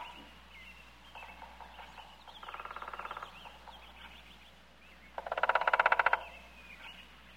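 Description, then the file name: Woodpecker drumming: two rapid, even rolls of taps, the second louder, each about a second long, over a faint steady background hum. "Dyatel dolbit"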